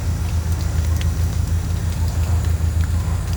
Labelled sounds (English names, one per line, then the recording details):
none
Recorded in pastures near Puerto Asís, Putumayo, Colombia, on 21 December 2024 at 11:00
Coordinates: 0.466, -76.322
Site G040